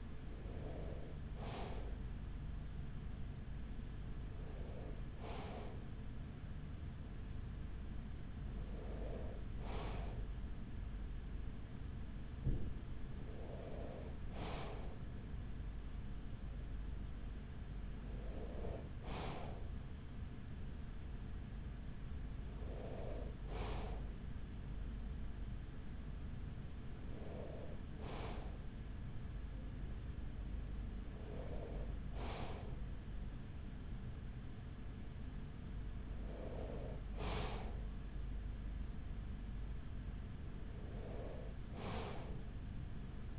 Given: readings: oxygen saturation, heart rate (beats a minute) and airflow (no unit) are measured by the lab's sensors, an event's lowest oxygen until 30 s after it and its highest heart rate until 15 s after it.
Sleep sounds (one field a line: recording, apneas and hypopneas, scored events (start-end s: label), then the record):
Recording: breathing in sleep by a smartphone at the bedside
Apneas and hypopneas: none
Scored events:
none scored
From the record:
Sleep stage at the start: N2 (light sleep)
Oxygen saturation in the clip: 94%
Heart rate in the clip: 41 to 44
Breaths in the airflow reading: 10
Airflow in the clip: -8.1 to 6.1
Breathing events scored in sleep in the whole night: 207 in 7.6 hours asleep